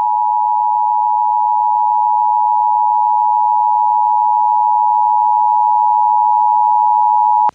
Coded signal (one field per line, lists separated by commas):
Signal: Emergency Alert System (SAME) tones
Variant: 853 and 960 Hz attention tone